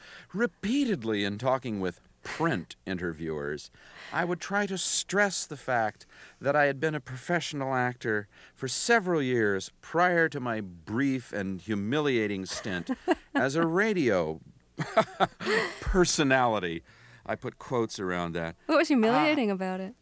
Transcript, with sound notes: Repeatedly, in talking with print interviewers, I would try to stress the fact that I had been a professional actor for several years prior to my brief and humiliating stint...
(Laughter).
...As a radio (laughter) personality. I put quotes around that.
What was humiliating about it?